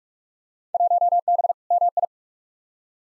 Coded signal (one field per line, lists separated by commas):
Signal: Morse code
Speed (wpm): 42 wpm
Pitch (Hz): 700 Hz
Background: none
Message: 1B MI